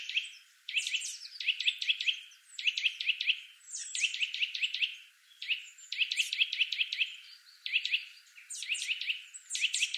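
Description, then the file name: Eurasian nuthatch calls: rapid groups of sharp, piping whistled notes, delivered in short excited bursts with only brief gaps between them. "Sitta europaea"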